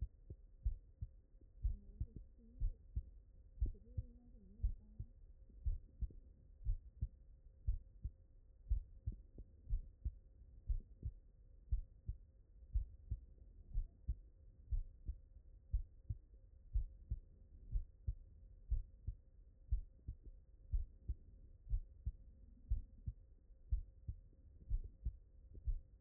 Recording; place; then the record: heart sounds by stethoscope; mitral valve (MV)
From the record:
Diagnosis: non-HFrEF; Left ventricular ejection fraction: 60%